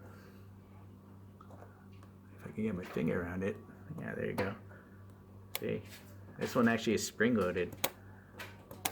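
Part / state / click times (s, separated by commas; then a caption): action/bolt of a 1/6 scale toy rifle / not seated / none. Someone talks while pulling back the spring-loaded action on a 1/6 scale toy rifle, with a few small ticks. The action does not catch in the open position and springs forward with a sharp snap near the end. Nothing has locked or clicked into place.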